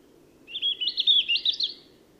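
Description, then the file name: European robin song: a single warbling, tinkling phrase of quick high notes wavering up and down, lasting about one and a half seconds, over a faint low background hum. "Erithacus rubecula"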